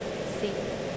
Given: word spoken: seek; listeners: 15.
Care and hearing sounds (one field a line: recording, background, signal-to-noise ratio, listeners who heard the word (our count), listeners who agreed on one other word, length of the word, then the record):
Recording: one English word in noise, from a listening test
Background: speech-shaped noise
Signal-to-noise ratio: -5.1 dB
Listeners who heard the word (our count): 2 of 15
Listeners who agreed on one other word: 8 of 15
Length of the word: 0.57 s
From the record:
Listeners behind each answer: 8, 2, 1, 1, 1, 1, 1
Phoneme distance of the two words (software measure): 10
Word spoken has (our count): 1 syllable, 3 phonemes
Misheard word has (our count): 1 syllable, 3 phonemes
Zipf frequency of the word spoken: 4.39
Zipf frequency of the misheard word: 4.78